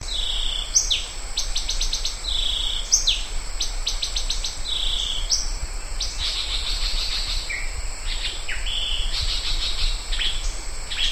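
Yellow-breasted boatbill calls: short level whistles alternating with quick rising notes and rapid chattering bursts, over a steady high insect buzz and a low background rumble.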